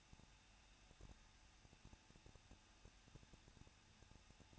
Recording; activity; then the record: daily activity, microphone in the room; no activity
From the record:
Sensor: 2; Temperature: 21.0 degrees Celsius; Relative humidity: 37.4%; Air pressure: 1006.2 hPa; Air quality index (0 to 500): 222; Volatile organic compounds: 24 ppm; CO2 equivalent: 2811 ppm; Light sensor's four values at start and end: 2/3/2/2 and 2/3/2/2